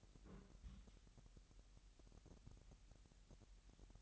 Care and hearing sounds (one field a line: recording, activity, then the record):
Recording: daily activity, microphone in the room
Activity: place on stove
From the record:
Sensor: 3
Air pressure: 1002.0 hPa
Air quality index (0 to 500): 247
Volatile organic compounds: 50 ppm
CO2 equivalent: 3293 ppm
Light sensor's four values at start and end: 6/15/6/6 and 6/15/6/6